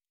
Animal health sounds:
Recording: hydrophone in a shrimp aquaculture tank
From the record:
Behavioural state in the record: normal

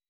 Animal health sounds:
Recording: hydrophone in a shrimp aquaculture tank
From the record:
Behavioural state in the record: weakened

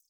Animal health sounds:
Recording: hydrophone in a shrimp aquaculture tank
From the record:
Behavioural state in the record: feeding

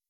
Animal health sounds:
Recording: hydrophone in a shrimp aquaculture tank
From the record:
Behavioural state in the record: weakened

